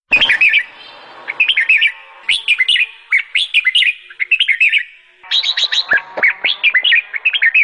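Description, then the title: Sooty-headed Bulbul giving fast, jaunty chirping phrases of bubbly slurred notes, with short quiet pauses, then the chattering song resumes strongly. "Suara Burung Kutilang"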